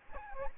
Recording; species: mosquito wingbeat signal from an infrared sensor; Aedes albopictus